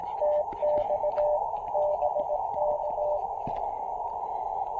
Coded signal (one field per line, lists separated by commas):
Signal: Morse code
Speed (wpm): 17 wpm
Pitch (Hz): 600 Hz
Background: music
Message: TX BK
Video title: Picnic Table POTA with the CHA MPAS Lite and CHA UCM